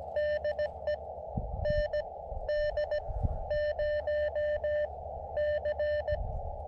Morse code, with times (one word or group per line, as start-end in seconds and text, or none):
0.2-1.0 DE
1.6-6.2 ND0C